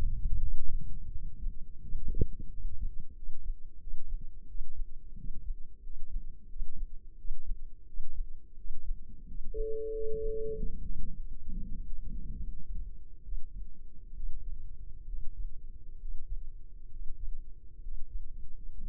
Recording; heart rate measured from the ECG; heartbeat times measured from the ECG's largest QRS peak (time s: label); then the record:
heart sounds by microphone in the left ear; 82 bpm
0.36 s: heartbeat
1.08 s: heartbeat
1.78 s: heartbeat
2.47 s: heartbeat
3.12 s: heartbeat
3.76 s: heartbeat
4.44 s: heartbeat
5.13 s: heartbeat
5.79 s: heartbeat
6.45 s: heartbeat
7.14 s: heartbeat
7.83 s: heartbeat
8.54 s: heartbeat
9.23 s: heartbeat
9.89 s: heartbeat
10.53 s: heartbeat
11.13 s: heartbeat
11.73 s: heartbeat
12.36 s: heartbeat
13.22 s: heartbeat
14.13 s: heartbeat
15.05 s: heartbeat
15.97 s: heartbeat
16.88 s: heartbeat
17.80 s: heartbeat
18.71 s: heartbeat
From the record:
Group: healthy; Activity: rest 0-9 s, breath hold 9-19 s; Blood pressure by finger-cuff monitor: 111/66 mmHg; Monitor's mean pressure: 77 mmHg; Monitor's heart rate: 86 bpm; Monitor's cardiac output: 5.9 L/min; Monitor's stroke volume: 68 mL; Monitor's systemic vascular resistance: 950 dyn s/cm5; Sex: male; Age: 20 years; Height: 167 cm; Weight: 61 kg